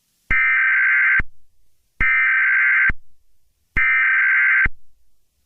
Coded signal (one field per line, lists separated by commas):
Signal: Emergency Alert System (SAME) tones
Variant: header bursts